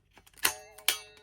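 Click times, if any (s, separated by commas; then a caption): 0.9 s. A replacement blade is pushed into the handle of a Parkside Japanese pull saw; the fit is stiff, with a few light ticks and a bright metallic snap at 0.5 s whose ringing tone lingers. A sharp, loud click at 0.9 s, followed by a decaying metallic ring, is the blade locking into place in the handle.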